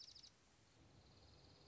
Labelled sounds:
Dark-eyed Junco
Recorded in Sonoma County, California

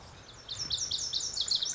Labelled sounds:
Lazuli Bunting
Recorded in Sonoma County, California

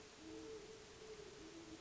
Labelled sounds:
Great Horned Owl
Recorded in Sonoma County, California

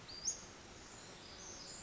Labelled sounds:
Pacific Wren
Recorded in Sonoma County, California

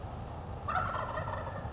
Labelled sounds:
Wild Turkey
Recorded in Sonoma County, California

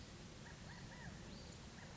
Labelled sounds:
California Quail
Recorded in Sonoma County, California

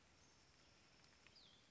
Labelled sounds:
Cassin's Vireo
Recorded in Sonoma County, California

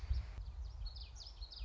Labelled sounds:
Common Yellowthroat
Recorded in Sonoma County, California

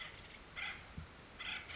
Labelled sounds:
Acorn Woodpecker
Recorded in Sonoma County, California

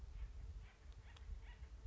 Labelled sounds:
Acorn Woodpecker
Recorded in Sonoma County, California

